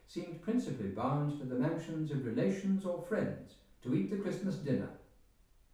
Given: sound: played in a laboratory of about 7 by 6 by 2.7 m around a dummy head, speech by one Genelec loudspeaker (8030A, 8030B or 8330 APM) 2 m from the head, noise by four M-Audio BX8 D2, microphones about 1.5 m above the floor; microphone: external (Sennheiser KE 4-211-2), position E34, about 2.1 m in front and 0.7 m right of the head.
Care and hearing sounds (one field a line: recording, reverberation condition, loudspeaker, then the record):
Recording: male speech in English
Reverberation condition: medium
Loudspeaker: 90 degrees to the right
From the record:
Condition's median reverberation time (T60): about 510 ms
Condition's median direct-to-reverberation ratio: about -0.5 dB